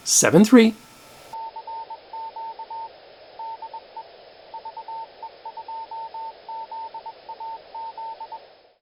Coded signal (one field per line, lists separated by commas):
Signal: Morse code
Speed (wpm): 21 wpm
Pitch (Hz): 900 Hz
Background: speech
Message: IE CQ DE VE2ZAZ